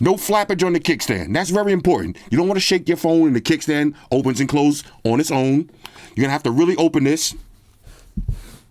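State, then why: Seated. Someone talks while working the hinged kickstand on a Simtect case for a Samsung Galaxy S23 / S23 Ultra, opening it and pressing it closed against the case back with real force so it won't flap open when the phone is shaken. After the talking stops, a short snap is heard at 8.3 s as the kickstand seats into its recess on the case back.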